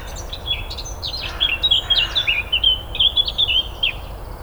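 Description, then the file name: Eurasian blackcap singing a rapid, rich warble, soft chatter at first, then loud clear whistled phrases tumbling over each other. "Sylvia atricapilla"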